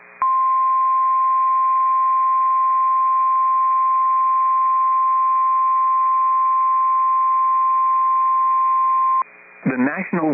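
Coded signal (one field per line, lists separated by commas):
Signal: Emergency Alert System (SAME) tones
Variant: 1050 Hz attention tone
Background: speech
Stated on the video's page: Valid EAS tones from a real severe thunderstorm warning for Grant, Morton and Oliver Counties, North Dakota.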